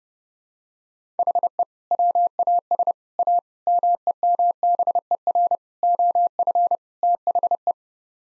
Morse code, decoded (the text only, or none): HE WAS A MEMBER OF THE